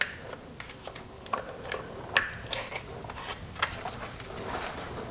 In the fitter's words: reconnect the wire. Make sure you hear it click.